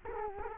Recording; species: mosquito wingbeat signal from an infrared sensor; Culex quinquefasciatus